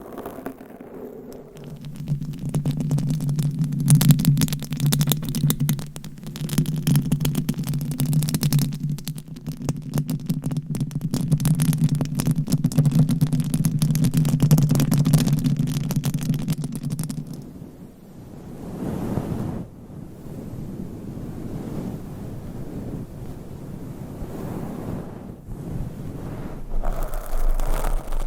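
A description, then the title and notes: Scratching and rapid tapping, dense and crackly, run over a steady low hum for the first eighteen seconds. After that the hum stops and softer, slower rubbing and brushing strokes take over, swelling and fading in loudness until the end. ASMR Hypnotic Triggers Changing Every 60 Seconds Scratching , Tapping , Massage etc No Talking.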